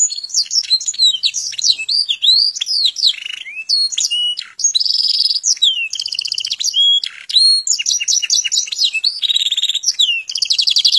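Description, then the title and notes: Atlantic canary song, a fast, varied run of high whistled trills, sweeping notes and buzzy rolls, switching phrase every second or two with brief gaps. Canary song presented as master (tutor) song, termed 'masteran' in Indonesian, for birds to learn from. "Suara Burung Kenari Masteran. master suara burung kenari"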